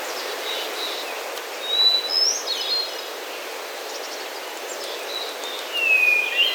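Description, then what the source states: Hermit Thrush singing two separate phrases several seconds apart, each a clear opening whistle, the first followed by a rippling flute-like flourish and the second cut off at the end, with quiet background chirps. Singing in the shade of mature conifers high in the Sierra Nevada of Central California, recorded while hiking.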